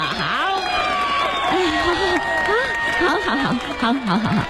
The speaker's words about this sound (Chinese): 再次祝大家新年快乐！掌声！新年快乐！新年快乐 ！